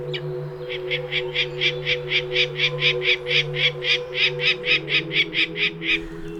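Peregrine falcon calling, a rapid series of many harsh, even cackling notes over a low steady drone.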